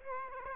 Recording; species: mosquito wingbeat signal from an infrared sensor; Aedes aegypti